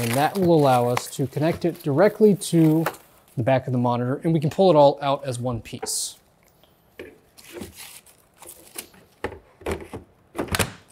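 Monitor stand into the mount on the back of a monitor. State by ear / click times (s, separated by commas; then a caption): seated / 9.2 s. Someone talks, then a monitor stand, still in its packaging foam, is pushed onto the mounting point on the back of an XG250 25" 240Hz IPS gaming monitor amid soft crinkling handling noises. A sharp snap at 9.2 s marks the stand seating in the mount, followed by a few more quick handling taps.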